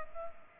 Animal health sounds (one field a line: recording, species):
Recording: mosquito wingbeat signal from an infrared sensor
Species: Culex pipiens